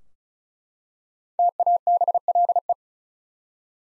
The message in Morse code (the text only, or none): TABLE